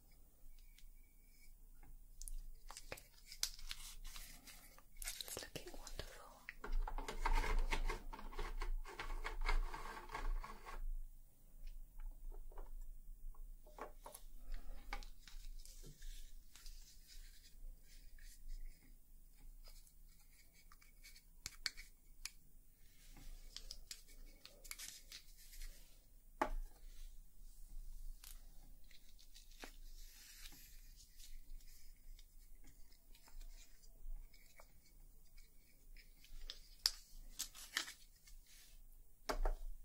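Hair cutting with crisp, irregular scissor snips throughout, a denser burst of rustling around seconds 5 to 11, and faint murmured speech beneath.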